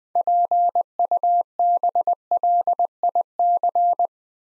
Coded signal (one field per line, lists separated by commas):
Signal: Morse code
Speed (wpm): 20 wpm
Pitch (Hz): 700 Hz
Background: none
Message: PUBLIC